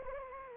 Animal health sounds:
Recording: mosquito wingbeat signal from an infrared sensor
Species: Anopheles gambiae

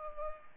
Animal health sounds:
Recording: mosquito wingbeat signal from an infrared sensor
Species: Culex pipiens

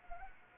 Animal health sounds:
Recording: mosquito wingbeat signal from an infrared sensor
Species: Anopheles arabiensis

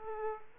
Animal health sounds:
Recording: mosquito wingbeat signal from an infrared sensor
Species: Aedes aegypti

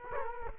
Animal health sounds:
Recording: mosquito wingbeat signal from an infrared sensor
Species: Culex quinquefasciatus

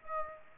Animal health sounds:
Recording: mosquito wingbeat signal from an infrared sensor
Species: Aedes aegypti

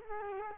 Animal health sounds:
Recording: mosquito wingbeat signal from an infrared sensor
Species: Culex quinquefasciatus

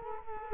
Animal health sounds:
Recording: mosquito wingbeat signal from an infrared sensor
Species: Culex quinquefasciatus

